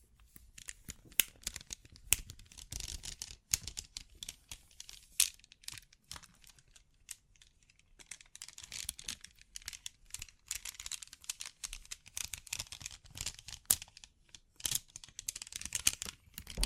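Bling bling triggers: dense, rapid crinkly tapping and rustling with bright clicks, fairly constant throughout, with occasional sharper louder taps.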